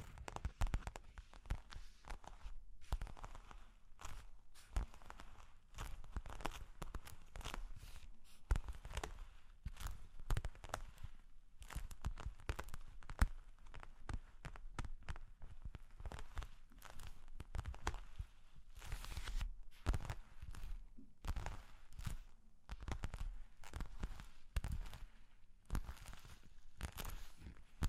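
Long claws tap and scratch in quick, irregular bursts throughout, sharp clicks crowding together densely with brief pauses and a faint low rumble underneath.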